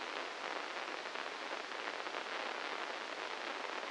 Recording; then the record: brain microelectrode recording played as sound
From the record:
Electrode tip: inside the subthalamic nucleus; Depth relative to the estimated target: -2 mm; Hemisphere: right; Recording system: NeuroSet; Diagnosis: Parkinson's disease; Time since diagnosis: 15 years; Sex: female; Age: 59 years